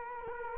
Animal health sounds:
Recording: mosquito wingbeat signal from an infrared sensor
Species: Culex quinquefasciatus

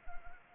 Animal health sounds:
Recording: mosquito wingbeat signal from an infrared sensor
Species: Anopheles gambiae

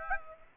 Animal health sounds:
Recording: mosquito wingbeat signal from an infrared sensor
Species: Aedes aegypti

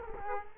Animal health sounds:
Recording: mosquito wingbeat signal from an infrared sensor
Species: Culex quinquefasciatus

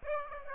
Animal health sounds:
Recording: mosquito wingbeat signal from an infrared sensor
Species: Aedes aegypti

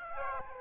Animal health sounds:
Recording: mosquito wingbeat signal from an infrared sensor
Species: Aedes aegypti

